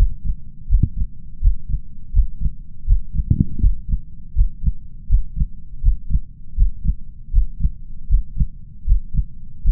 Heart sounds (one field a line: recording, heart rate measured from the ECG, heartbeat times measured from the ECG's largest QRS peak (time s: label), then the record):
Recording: heart sounds by stethoscope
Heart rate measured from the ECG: 80 bpm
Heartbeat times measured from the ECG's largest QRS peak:
0.67 s: heartbeat
1.39 s: heartbeat
2.11 s: heartbeat
2.85 s: heartbeat
3.59 s: heartbeat
4.33 s: heartbeat
5.07 s: heartbeat
5.81 s: heartbeat
6.55 s: heartbeat
7.31 s: heartbeat
8.07 s: heartbeat
8.84 s: heartbeat
9.62 s: heartbeat
From the record:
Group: healthy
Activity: Valsalva maneuver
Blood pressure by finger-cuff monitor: 139/85 mmHg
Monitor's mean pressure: 99 mmHg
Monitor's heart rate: 81 bpm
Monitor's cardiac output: 6.4 L/min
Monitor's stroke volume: 80 mL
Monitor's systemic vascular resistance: 1110 dyn s/cm5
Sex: male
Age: 21 years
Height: 180 cm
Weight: 67.5 kg